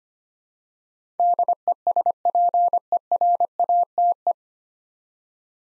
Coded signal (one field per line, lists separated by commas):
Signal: Morse code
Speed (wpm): 25 wpm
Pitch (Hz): 700 Hz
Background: none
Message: DESPERATE